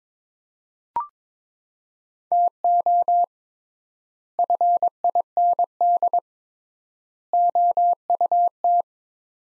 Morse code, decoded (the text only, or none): TO FIND OUT